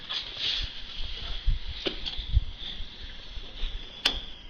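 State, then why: Seated. A gas quick-connect coupling is pushed onto the fitting of a TIG welding machine. The spring sleeve is released and the ball bearings drop into the groove. After some low handling noise and a smaller tick near 2.1 s, a sharp, bright click at 4.1 s marks the coupling seated and locked.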